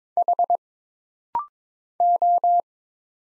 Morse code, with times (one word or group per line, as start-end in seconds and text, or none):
0.2-0.6 H
2.0-2.6 O